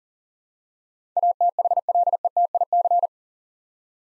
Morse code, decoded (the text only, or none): ATHLETIC